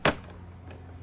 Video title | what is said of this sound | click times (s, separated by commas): Maytronics Proteus DX4 Robot Pool Cleaner Honest Review - Before You Buy!!! | And that's our first panel snapped into place. | 0.0 s